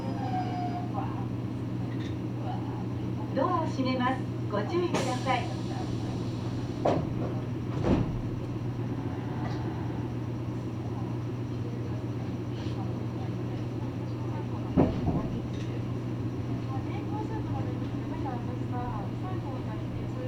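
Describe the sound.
A ride on the Meitetsu Bisai Line, with a steady low rumble and hum running beneath everything. Voices talk intermittently, most clearly in the first five seconds and again near the end. Sharp knocks and clatters break through around 5, 7, 8 and 15 seconds.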